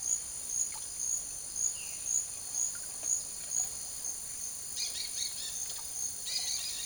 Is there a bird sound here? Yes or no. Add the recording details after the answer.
yes. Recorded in secondary vegetation near Puerto Asís, Putumayo, Colombia, on 12 March 2025 at 09:30. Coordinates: 0.489, -76.322. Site G042